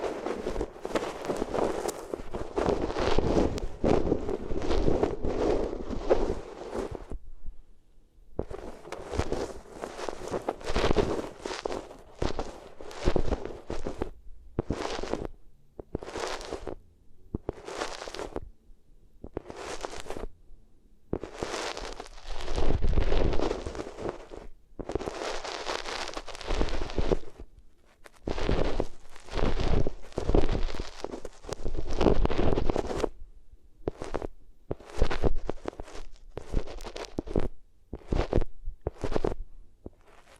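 Ears are rubbed against different materials in a steady run of close scratching and brushing strokes, dense and rough with bright hiss reaching high up. The strokes come in bursts separated by brief silences, roughly every second or two, some heavier and boomier than others.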